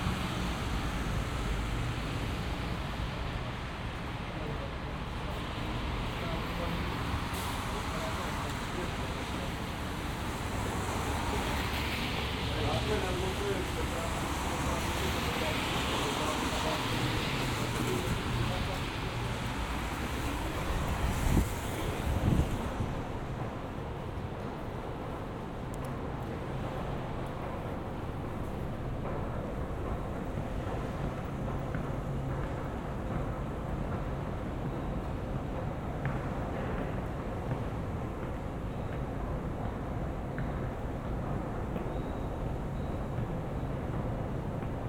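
A binaural walk through wintertime Montreal, filled with a steady, dense rumble of passing vehicles and road noise, with faint voices mixed in. Around twenty-two seconds a brief louder thump stands out, after which the sound turns slightly duller but keeps its constant low roar.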